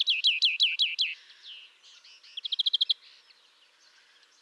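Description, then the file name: European greenfinch song: a fast series of chirps, then a quieter twittered passage and a quick rattled burst of notes, with soft twittering after. "Chloris chloris"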